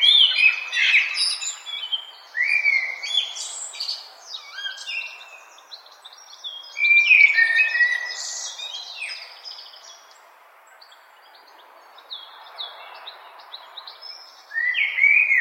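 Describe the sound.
Bird song with bright, varied whistles and chirps in quick bursts, rising and falling, with a long quiet pause late on before the phrases resume.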